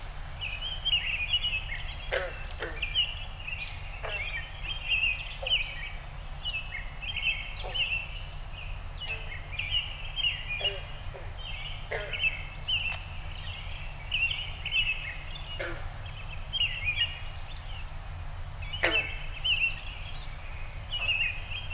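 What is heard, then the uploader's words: Dawn birdsong in a backyard: bright, chirping calls repeat almost constantly through the whole clip, overlapping in a busy chorus. Sharp clicks or snaps cut in every few seconds, over a steady low hum that never lets up. Dawn Recording in My Backyard. As always, the Zoom F6 and Audio Technica BP 4025 microphone performed flawlessly. I am very fortunate to live on a small inland lake in northern Michigan.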